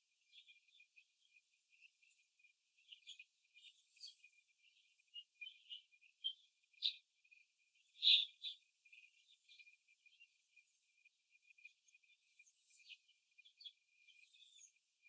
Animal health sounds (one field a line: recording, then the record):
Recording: young laying hens in a cage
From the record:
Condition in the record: after the stressor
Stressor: simulated dog barking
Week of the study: 2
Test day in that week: 2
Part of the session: 2